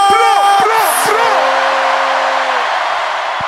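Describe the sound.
A loud concert crowd in Marseille cheers and screams in a dense, sustained roar, with high whoops and shouted voices rising and falling across the noise.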